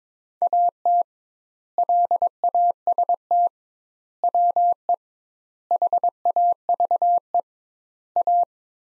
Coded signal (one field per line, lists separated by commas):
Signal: Morse code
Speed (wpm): 22 wpm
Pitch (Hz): 700 Hz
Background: none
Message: AT LAST WE HAVE A